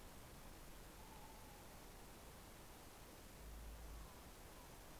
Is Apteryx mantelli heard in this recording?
no